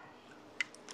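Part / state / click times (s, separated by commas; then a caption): NACS-to-CCS adapter onto the charger cable connector / seated / 0.6 s. A NACS-to-CCS charging adapter is pushed onto a Supercharger cable plug and latches with a sharp click at 0.6 s, followed by two faint ticks near 0.8 and 0.9 s. The adapter is seated on the connector.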